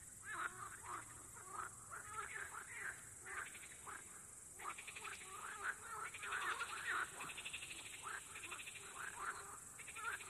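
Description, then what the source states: Frog chorus of dense, overlapping croaks and quick pulsed rattles, many callers blending into a continuous clamour over a constant background hiss. Frogs at Nová Oleška.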